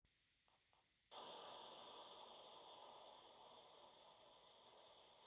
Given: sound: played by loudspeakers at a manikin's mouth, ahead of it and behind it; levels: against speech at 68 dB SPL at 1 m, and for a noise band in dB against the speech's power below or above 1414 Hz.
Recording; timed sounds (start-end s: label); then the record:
test signals for a remote microphone
1.11-5.27 s: speech-spectrum noise from ahead
From the record:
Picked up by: remote microphone D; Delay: 24 ms